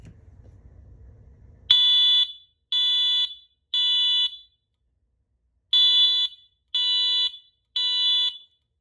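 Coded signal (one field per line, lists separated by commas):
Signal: alarm pattern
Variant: Wheelock code 3 tone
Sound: loud harsh alarm tone: three half-second blasts, a pause, then three more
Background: low room rumble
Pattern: temporal three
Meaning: Temporal-3 signals building evacuation, usually for fire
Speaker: so now I'm gonna set the alarm to code 3 tone. It's already set on code 3 tone. I'm gonna plug it in. It will do this. That's how code 3 tone sounds like.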